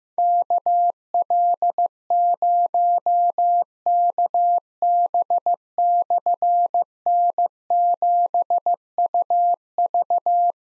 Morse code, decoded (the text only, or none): KL0KB/N7UV